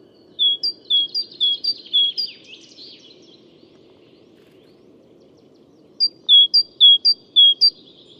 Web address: SETE data Parus major